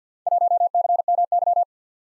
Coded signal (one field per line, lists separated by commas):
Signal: Morse code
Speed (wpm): 53 wpm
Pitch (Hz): 700 Hz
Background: none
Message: 1CMY